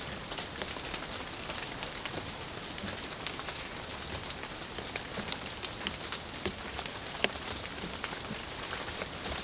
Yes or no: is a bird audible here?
no